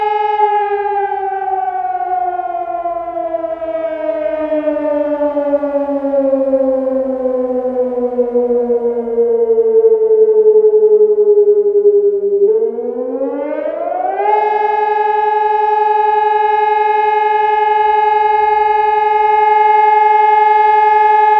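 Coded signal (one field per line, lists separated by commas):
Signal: siren signal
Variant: German Feueralarm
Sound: loud electronic siren wail sliding slowly down, then rising back to a steady tone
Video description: Monatliche Sirenenprobe in Eitorf am 4. Samstag im Monat um 11.15 Uhr mit dem Signal "Feueralarm".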